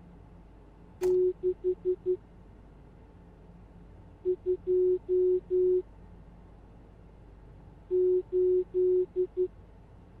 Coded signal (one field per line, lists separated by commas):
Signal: Morse code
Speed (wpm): 11 wpm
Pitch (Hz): 370 Hz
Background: none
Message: 6 2 8